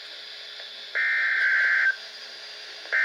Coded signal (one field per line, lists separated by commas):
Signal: Emergency Alert System (SAME) tones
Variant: header bursts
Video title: TORNADO WARNING (EAS Alert #1057)